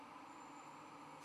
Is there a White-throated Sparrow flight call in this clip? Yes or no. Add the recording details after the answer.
no. No flight call is heard. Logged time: 22:54 on 10 November 2014